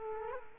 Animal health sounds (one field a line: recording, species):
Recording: mosquito wingbeat signal from an infrared sensor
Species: Culex quinquefasciatus